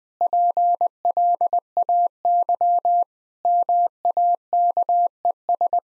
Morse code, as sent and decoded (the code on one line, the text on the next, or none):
.--. .-.. .- -.-- / -- .- -.- . ...
PLAY MAKES